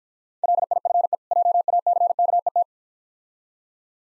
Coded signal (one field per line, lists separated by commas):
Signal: Morse code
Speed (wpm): 50 wpm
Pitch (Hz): 700 Hz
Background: none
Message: LIFE JACKET